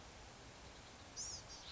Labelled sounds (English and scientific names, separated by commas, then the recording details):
Blue-gray Gnatcatcher (Polioptila caerulea)
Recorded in Sonoma County, California